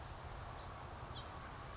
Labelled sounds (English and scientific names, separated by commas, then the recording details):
House Finch (Haemorhous mexicanus)
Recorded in Sonoma County, California